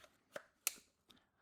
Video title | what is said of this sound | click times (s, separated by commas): ATLAS 46 Murphy Speed Pouch - Finally a Pouch for my Fluke Meter! | You basically have the round part that fits in this, snaps in, you'll hear the snap. | 0.7 s